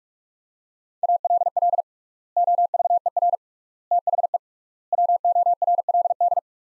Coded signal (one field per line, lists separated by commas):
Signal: Morse code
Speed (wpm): 43 wpm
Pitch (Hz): 700 Hz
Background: none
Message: ALL OVER THE WORLD